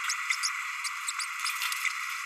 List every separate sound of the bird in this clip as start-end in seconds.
0.42-0.49, 1.19-1.26